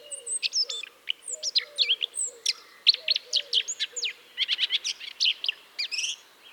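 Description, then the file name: Eurasian blackcap song: sweet whistled notes leading into quick, sharp warbling, with soft low calls from another bird in the background. "Sylvia atricapilla"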